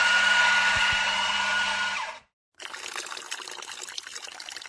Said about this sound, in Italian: Ci fai un caffè? Caffè in preparazione.